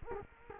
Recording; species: mosquito wingbeat signal from an infrared sensor; Culex quinquefasciatus